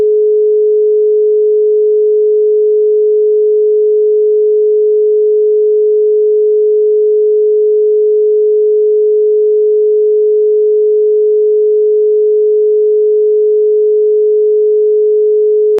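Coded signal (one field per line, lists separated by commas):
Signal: telephone call progress tone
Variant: Europe, 425 Hz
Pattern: dial tone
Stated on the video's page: Russian dial tone, 425 Hz continuous, per ETSI technical report, presented as a call-progress sound effect.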